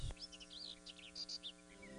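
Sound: birds singing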